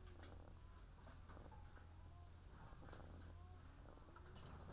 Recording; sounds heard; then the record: poultry house recording; sick chickens (respiratory disease)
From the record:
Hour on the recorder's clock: 13